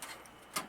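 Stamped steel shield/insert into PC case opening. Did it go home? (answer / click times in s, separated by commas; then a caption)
yes / 0.0 s, 0.6 s. A sharp stamped-steel PC case part, likely the I/O shield, is pressed into the case opening while all four corners are seated evenly. Two clicks are heard, one at 0.0 s and a sharper, louder one at 0.6 s. The part is seated in place.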